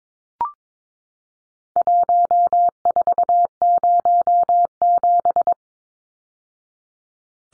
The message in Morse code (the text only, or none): 1407